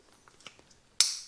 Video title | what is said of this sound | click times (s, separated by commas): RAVEMEN K1800 Smart Bike Headlight Review - feat. USB-C + AI Algorithm + Wide Beam + Light Sensor | nice click and you can see it's rigid but you have a little bit of angular adjustment which is always nice so if you | 1.0 s